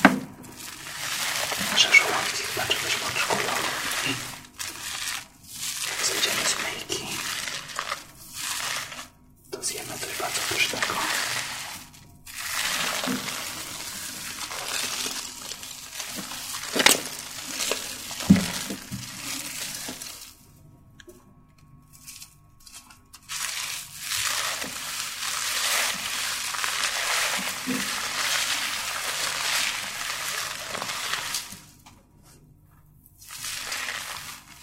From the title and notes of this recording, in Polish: ASMR WIZYTA U FRYZJERA GWIAZD - ATELIER KAJETAN GÓRA.